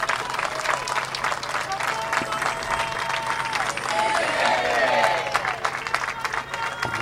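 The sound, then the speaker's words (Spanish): A crowd at a rally in Plaza de Mayo breaks into steady, sustained applause, dense clapping filling the whole stretch, with some cheering and shouting rising near the middle before the clapping carries on. “¡Un fuerte aplauso!”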